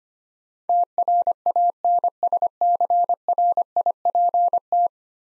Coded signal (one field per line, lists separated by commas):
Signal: Morse code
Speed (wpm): 25 wpm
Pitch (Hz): 700 Hz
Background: none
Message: TRANSCRIPT